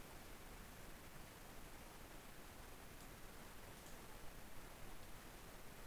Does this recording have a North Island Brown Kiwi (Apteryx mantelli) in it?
no